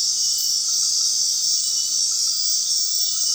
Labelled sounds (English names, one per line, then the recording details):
none
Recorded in dense forest near Puerto Asís, Putumayo, Colombia, on 18 February 2024 at 20:00
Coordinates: 0.499, -76.324
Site G6469